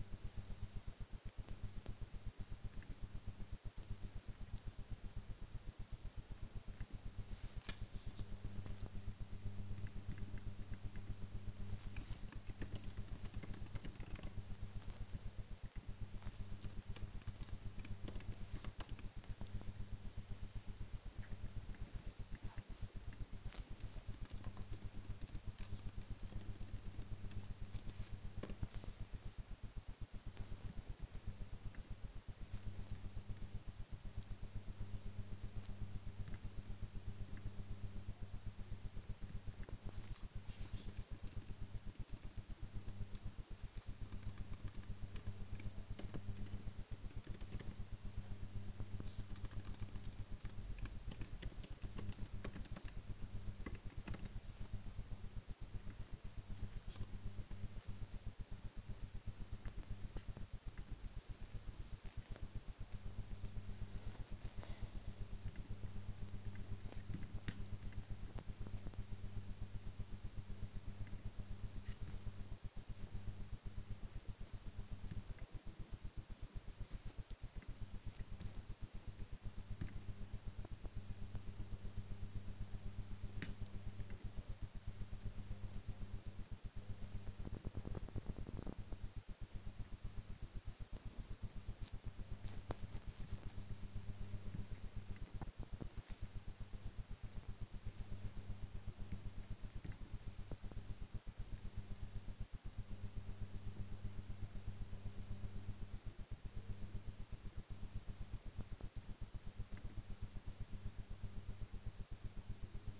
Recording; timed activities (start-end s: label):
household activities, microphone on the right wrist
0.00-113.00 s: working on the computer